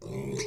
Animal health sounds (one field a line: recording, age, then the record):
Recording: pig call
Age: weaner (32 to 43 days)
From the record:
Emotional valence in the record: negative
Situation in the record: novel object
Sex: female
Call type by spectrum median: low-frequency call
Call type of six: mixed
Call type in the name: high-frequency modulated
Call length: 0.47 s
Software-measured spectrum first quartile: 290 Hz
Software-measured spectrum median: 757 Hz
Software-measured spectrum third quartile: 4333 Hz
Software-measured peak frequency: 402 Hz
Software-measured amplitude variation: 132 dB a second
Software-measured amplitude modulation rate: 27.9 a second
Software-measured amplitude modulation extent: 4.7 dB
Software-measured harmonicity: 3.3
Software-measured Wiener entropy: -4.31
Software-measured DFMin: 1213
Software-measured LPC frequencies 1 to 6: 396, 2152, 3814, 4333, 4887, 5664 Hz